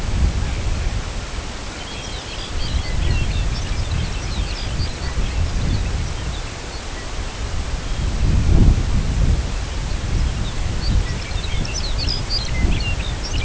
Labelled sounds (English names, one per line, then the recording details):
unidentified sound
Lapland Longspur
Arctic Tern
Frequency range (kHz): Lapland Longspur 1.6-6.7 kHz; Arctic Tern 2.7-4.1 kHz
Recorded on Arctic tundra, site CORI-1, on 18 June 2018
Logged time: 04:00